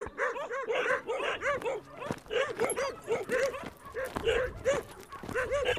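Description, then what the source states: Dogs barking, many short arched barks in quick runs with short gaps. Several dogs heard while walking through them, on Spetses.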